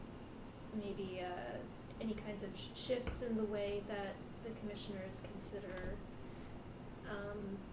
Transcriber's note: none